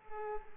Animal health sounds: mosquito wingbeat signal from an infrared sensor; Culex pipiens

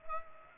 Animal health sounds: mosquito wingbeat signal from an infrared sensor; Culex pipiens

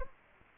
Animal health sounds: mosquito wingbeat signal from an infrared sensor; Anopheles gambiae

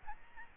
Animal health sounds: mosquito wingbeat signal from an infrared sensor; Aedes albopictus

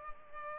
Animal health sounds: mosquito wingbeat signal from an infrared sensor; Culex pipiens

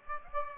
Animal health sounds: mosquito wingbeat signal from an infrared sensor; Aedes aegypti

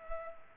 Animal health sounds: mosquito wingbeat signal from an infrared sensor; Culex pipiens

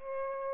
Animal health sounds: mosquito wingbeat signal from an infrared sensor; Aedes aegypti

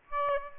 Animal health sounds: mosquito wingbeat signal from an infrared sensor; Aedes aegypti

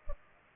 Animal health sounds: mosquito wingbeat signal from an infrared sensor; Culex pipiens

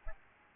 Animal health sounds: mosquito wingbeat signal from an infrared sensor; Aedes albopictus

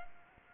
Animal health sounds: mosquito wingbeat signal from an infrared sensor; Culex pipiens

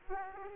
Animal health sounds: mosquito wingbeat signal from an infrared sensor; Aedes aegypti

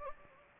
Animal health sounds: mosquito wingbeat signal from an infrared sensor; Anopheles gambiae

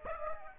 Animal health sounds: mosquito wingbeat signal from an infrared sensor; Aedes aegypti

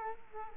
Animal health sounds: mosquito wingbeat signal from an infrared sensor; Culex quinquefasciatus

